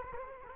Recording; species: mosquito wingbeat signal from an infrared sensor; Culex quinquefasciatus